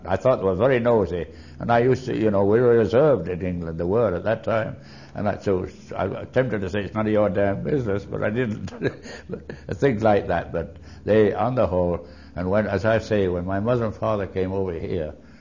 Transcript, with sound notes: I thought that was very nosy and I used to, you know, we were reserved in England, we were at that time, and I was tempted to say, "None of your damn business," but I didn't. ( he laughs ) Things like that. But they, on the whole, and when, as I say, when my mother and father came over here,